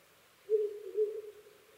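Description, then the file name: Owl call: a low hoot followed closely by a second pulse, the two run together into a wavering, fading tone. Recorded 5 May 2011 at 04:06. "fukurou 20110505-0406"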